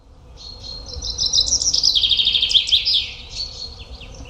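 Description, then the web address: Common chaffinch song, a fast, high series of repeated notes that drops in pitch in steps, lasting about three seconds. "Deverinetal"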